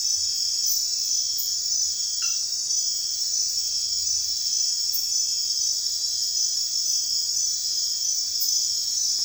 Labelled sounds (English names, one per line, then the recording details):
none
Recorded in secondary vegetation near Puerto Asís, Putumayo, Colombia, on 29 June 2025 at 03:00
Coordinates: 0.498, -76.327
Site GP09